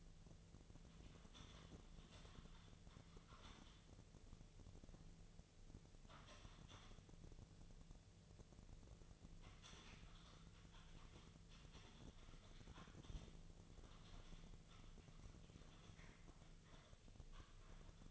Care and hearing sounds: daily activity, microphone in the room; typing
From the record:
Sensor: 4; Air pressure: 1001.0 hPa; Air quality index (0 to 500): 141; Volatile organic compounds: 2 ppm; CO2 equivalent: 1041 ppm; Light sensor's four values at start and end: 27/65/27/28 and 26/64/26/28

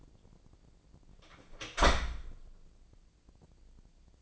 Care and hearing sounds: daily activity, microphone in the room; close door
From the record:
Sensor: 5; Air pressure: 1012.5 hPa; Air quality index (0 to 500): 160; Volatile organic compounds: 2 ppm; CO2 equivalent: 1090 ppm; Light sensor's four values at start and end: 223/545/227/248 and 218/530/222/241

